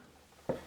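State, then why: Seated. A display flex cable connector on a Galaxy Note Edge screen is pressed back onto its socket on the phone's board during a screen replacement. After near silence, a single short, sharp pop is heard at 0.5 s, with energy concentrated in the low-mid range. The connector seats into place.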